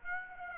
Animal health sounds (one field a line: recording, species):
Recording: mosquito wingbeat signal from an infrared sensor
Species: Aedes aegypti